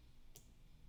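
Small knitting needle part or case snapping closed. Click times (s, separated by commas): 0.4 s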